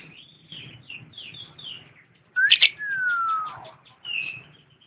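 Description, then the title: Lovebird song with soft chattering notes, then a sharp squeak and a long descending whistle, followed by faint chirps over a low background hum. Champion lovebird singing. "KICAU BURUNG LOVEBIRD JUARA"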